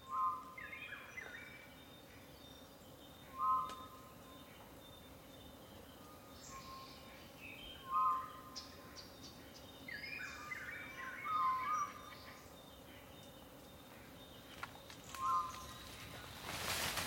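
Forest ambience from Ethiopia's montane rainforest, with a steady low hum and hiss under scattered bird calls. Short bright chirps and warbles recur every few seconds, with repeated clear notes around 1, 3.5, 8, 10.5, 11.5 and 15 seconds. A sharp crackle of noise ends the clip.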